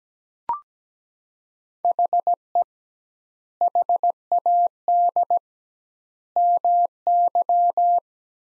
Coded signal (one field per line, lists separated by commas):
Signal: Morse code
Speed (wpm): 17 wpm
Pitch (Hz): 700 Hz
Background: none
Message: HE HAD MY